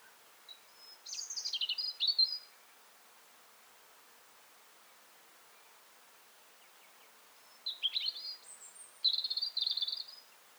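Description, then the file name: European robin singing two separate phrases of sweet, high tinkling notes mixed with fast jumbled trills, divided by a silent gap of roughly five seconds. "Erithacus rubecula"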